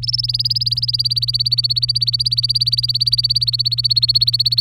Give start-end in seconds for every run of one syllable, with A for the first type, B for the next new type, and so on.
0.02-4.61 A